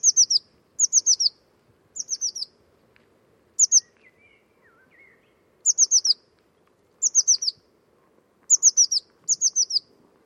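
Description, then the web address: Bird calls: short bursts of two to four high, thin, falling notes, repeated at irregular intervals, with a faint low hum underneath. Bird-only recording. "cianscape birddata Deverinetal 2025 File origin Bird Only Cy Ca"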